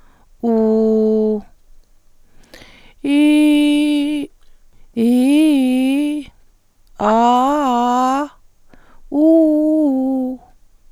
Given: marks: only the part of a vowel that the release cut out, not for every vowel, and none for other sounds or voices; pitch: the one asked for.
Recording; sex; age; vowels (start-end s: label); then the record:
sustained vowels; female; 60 to 69 years
0.55-1.31 s: vowel /u/, low pitch
5.07-6.07 s: vowel /i/, low-high-low pitch
7.13-8.13 s: vowel /a/, low-high-low pitch
9.22-10.27 s: vowel /u/, low-high-low pitch
From the record:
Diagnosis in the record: intubation injury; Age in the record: 66 years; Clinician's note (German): Phonationstrauma nach Intubation, keine Aryluxation